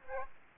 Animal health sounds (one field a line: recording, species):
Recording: mosquito wingbeat signal from an infrared sensor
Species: Aedes aegypti